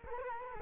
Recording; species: mosquito wingbeat signal from an infrared sensor; Culex quinquefasciatus